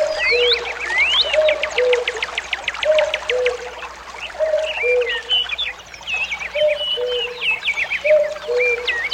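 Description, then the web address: Common cuckoo repeatedly calling a low two-note cu-coo, the second note lower, over busy trilling and chattering songbirds. "кукушка"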